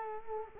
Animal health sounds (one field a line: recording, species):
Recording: mosquito wingbeat signal from an infrared sensor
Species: Culex quinquefasciatus